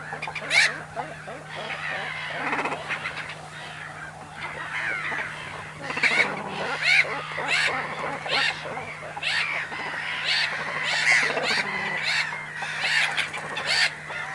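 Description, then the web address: Seagull: gulls clamour continuously, many birds giving raucous, honking cries that overlap, over a constant low hum. Loud seagulls recorded at a cormorant nesting site; mono recording with a DPA 4061 microphone. "sonniss gdc audio. animals cormorants nest loud seagulls"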